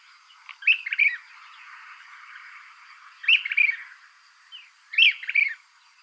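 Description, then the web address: Brown-crested flycatcher calls: three bursts of rough, rolling notes around two seconds apart, each a short burry phrase, over a faint steady high hum. Ecuador. "Birds of Ecuador. Brown-crested Flycatcher"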